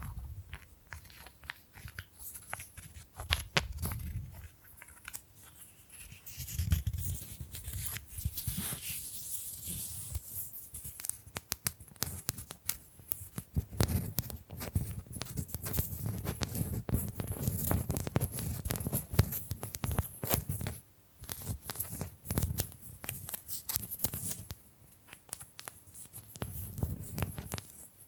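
Bamboo being tapped, scratched and brushed in a busy, uneven stream of short clicks and dry scrapes. Dense bursts of crisp ticking alternate with softer rubbing passes and a low thumping undertone, with brief lulls around five, twelve and twenty-one seconds.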